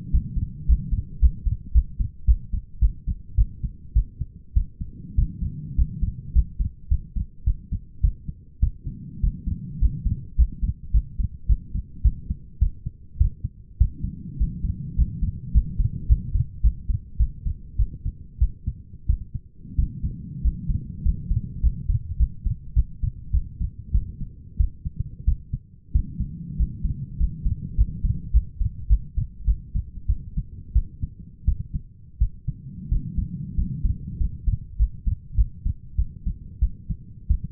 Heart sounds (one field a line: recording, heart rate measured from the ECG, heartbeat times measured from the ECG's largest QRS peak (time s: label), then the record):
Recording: heart sounds by stethoscope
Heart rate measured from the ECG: 100 bpm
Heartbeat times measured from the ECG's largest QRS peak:
0.13 s: heartbeat
0.68 s: heartbeat
1.21 s: heartbeat
1.74 s: heartbeat
2.27 s: heartbeat
2.81 s: heartbeat
3.37 s: heartbeat
3.95 s: heartbeat
4.55 s: heartbeat
5.17 s: heartbeat
5.77 s: heartbeat
6.34 s: heartbeat
6.90 s: heartbeat
7.46 s: heartbeat
8.03 s: heartbeat
8.61 s: heartbeat
9.22 s: heartbeat
9.81 s: heartbeat
10.37 s: heartbeat
10.93 s: heartbeat
11.48 s: heartbeat
12.03 s: heartbeat
12.60 s: heartbeat
13.19 s: heartbeat
13.79 s: heartbeat
14.39 s: heartbeat
14.97 s: heartbeat
15.53 s: heartbeat
16.08 s: heartbeat
16.63 s: heartbeat
17.18 s: heartbeat
17.78 s: heartbeat
18.40 s: heartbeat
19.08 s: heartbeat
19.77 s: heartbeat
20.43 s: heartbeat
21.04 s: heartbeat
21.62 s: heartbeat
22.18 s: heartbeat
22.75 s: heartbeat
23.32 s: heartbeat
23.93 s: heartbeat
24.58 s: heartbeat
25.26 s: heartbeat
25.94 s: heartbeat
26.58 s: heartbeat
27.19 s: heartbeat
27.77 s: heartbeat
28.32 s: heartbeat
28.89 s: heartbeat
29.46 s: heartbeat
30.08 s: heartbeat
30.74 s: heartbeat
31.46 s: heartbeat
32.20 s: heartbeat
32.90 s: heartbeat
33.56 s: heartbeat
34.19 s: heartbeat
34.78 s: heartbeat
35.36 s: heartbeat
35.97 s: heartbeat
36.60 s: heartbeat
37.29 s: heartbeat
From the record:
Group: healthy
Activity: rest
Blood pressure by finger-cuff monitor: 124/78 mmHg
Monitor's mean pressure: 94 mmHg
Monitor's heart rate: 102 bpm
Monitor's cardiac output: 7.5 L/min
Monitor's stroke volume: 75 mL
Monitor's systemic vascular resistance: 910 dyn s/cm5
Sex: female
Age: 37 years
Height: 168 cm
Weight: 70 kg